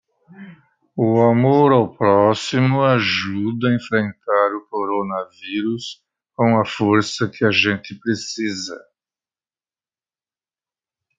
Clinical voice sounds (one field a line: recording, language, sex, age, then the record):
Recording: spoken sentence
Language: Brazilian Portuguese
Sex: male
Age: 70 to 79 years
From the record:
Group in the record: control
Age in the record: 72 years